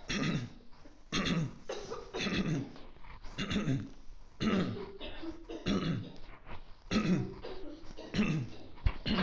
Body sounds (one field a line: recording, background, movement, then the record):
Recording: throat clearing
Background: a bystander coughing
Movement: walking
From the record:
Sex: male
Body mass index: 22.0 kg/m2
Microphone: on the chest, facing the body